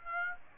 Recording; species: mosquito wingbeat signal from an infrared sensor; Aedes aegypti